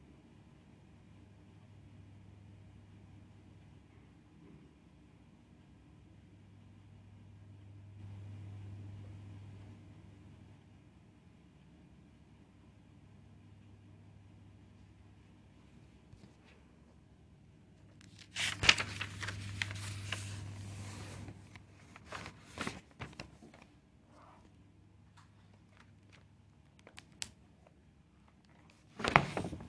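Paper sounds for ASMR over a low, steady hum that swells softly every few seconds. For most of the first eighteen seconds little else happens; then a crisp rustle of page turning breaks in, followed by scattered small taps and a sharp final crackle.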